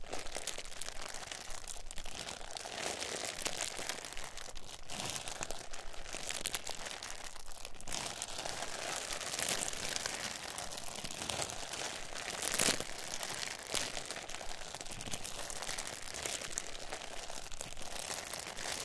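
Plastic bags crinkle and rustle continuously as they are handled and squeezed, a dense, bright crackling with no pauses. The texture shifts constantly, with brief sharper crunches scattered throughout and a louder crackle around the twelve-second mark.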